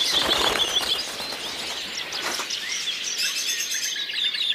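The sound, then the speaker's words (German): A dense chorus of birds in an enclosure of the Berlin Zoological Garden shrieking and calling at once, shrill high-pitched cries and chirps overlapping without pause at a steady, fairly loud level, with no voices. “Die Vögel schrien entsetzlich.”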